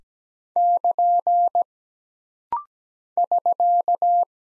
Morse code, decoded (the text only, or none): <KN> <SK>